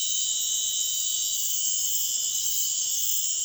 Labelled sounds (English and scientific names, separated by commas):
none